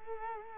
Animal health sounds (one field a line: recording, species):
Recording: mosquito wingbeat signal from an infrared sensor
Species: Culex quinquefasciatus